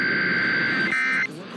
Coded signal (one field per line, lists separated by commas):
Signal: Emergency Alert System (SAME) tones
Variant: end-of-message bursts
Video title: April Weekend Tests Finale (EAS #17627-17633) 4/27-28/24